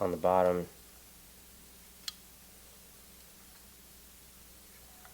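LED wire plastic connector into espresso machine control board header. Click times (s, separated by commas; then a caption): 2.1 s. Someone talks briefly, then the amber/red LED wire's small plastic connector is pushed onto its pin header on the control board of an Odyssey Argos espresso machine. A single sharp, faint click at 2.1 s marks the connector seating in place, followed by near silence.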